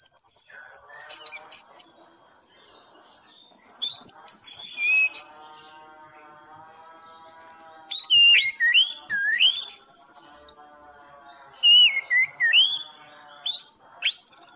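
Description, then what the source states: Thrush singing in loud bursts of varied whistles, slurred loops and high squeaky notes, separated by pauses, with a faint low hum underneath. Anis (thrush) singing in the 'gacor teler' style, used as masteran for training other songbirds.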